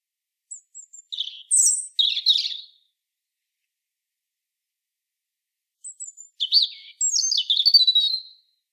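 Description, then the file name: European robin with two separate song phrases, each opening with soft high thin notes and running into jangling, rapid, high-pitched warbles, silence between them. "Erithacus rubecula"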